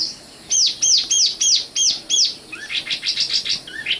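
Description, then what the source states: Oriental magpie-robin song: six loud looping whistled notes in a steady row, then a quick run of higher chirps and a rising slur. Kacer song.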